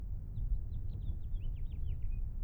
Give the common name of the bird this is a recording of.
House Finch